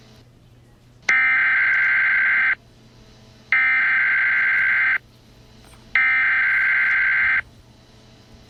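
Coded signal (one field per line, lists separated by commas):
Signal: Emergency Alert System (SAME) tones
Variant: header bursts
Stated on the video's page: Mock EAS alert made for entertainment, not a real alert.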